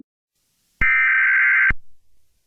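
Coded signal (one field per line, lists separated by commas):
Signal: Emergency Alert System (SAME) tones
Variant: header bursts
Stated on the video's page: Fictional mock EAS alerts for a Michigan severe weather outbreak, made for entertainment.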